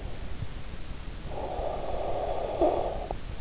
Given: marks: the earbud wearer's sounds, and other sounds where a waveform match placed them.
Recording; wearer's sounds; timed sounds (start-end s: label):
sounds in sleep by an in-ear microphone; snoring breath
1.05-3.33 s: snoring breath